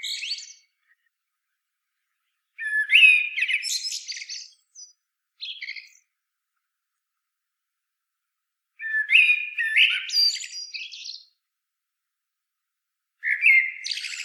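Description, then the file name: Common blackbird song: two full warbling phrases several seconds apart, each a mellow fluted start running into squeaky high notes, between the end of one phrase and the start of another. "Turdus merula"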